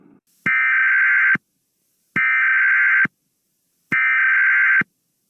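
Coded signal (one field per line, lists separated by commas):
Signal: Emergency Alert System (SAME) tones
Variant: header bursts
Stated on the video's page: Fictional EAS warning of a Godzilla attack on Japan.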